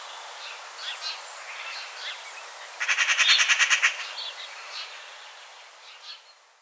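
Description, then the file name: Eurasian magpie chattering once: a rapid rattle of harsh pulses lasting about a second, amid soft chirping from other birds. "Pica pica"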